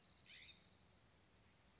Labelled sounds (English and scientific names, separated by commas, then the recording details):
California Scrub-Jay (Aphelocoma californica)
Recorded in Sonoma County, California